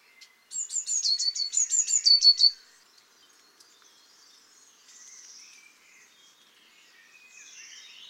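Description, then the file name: Great tit singing one bout of several quick, ringing phrases, high then lower, followed by faint chirps in the background. "Parus major"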